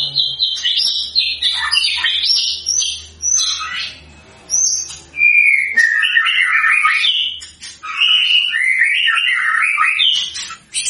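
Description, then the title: White-rumped shama pouring out a long, varied song of high chattering notes, a sliding whistle, and rolling warbled phrases with scratchy accents. Lure recording of a white-rumped shama singing vigorously, meant to provoke an immediate response. "PANCINGAN MURAI BATU GACOR, LANGSUNG RESPON"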